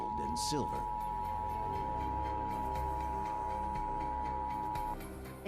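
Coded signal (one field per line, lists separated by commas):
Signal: Emergency Alert System (SAME) tones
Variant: 853 and 960 Hz attention tone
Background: speech, music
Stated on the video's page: Monthly test aired over a television broadcast.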